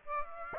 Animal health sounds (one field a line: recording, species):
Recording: mosquito wingbeat signal from an infrared sensor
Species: Aedes aegypti